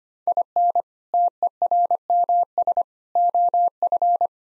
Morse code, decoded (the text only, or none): IN TERMS OF